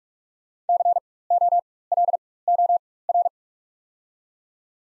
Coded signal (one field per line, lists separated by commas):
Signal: Morse code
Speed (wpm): 44 wpm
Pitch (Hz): 700 Hz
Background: none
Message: COLOR